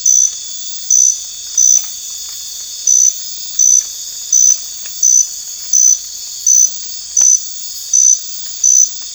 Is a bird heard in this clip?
no